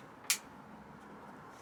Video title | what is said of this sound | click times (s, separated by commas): Fenix HP35R Head Light Review Head lights Beach Fishing Boat Fishing Southcoast United Kingdom | Nice and positive. Nice click. | 0.3 s